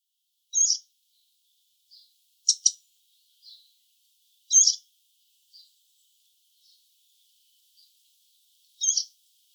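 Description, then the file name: Eurasian blackcap giving hard, clicking tack calls, single or doubled, spaced irregularly a second or more apart with fainter ticks between, in an otherwise quiet setting. "Sylvia atricapilla"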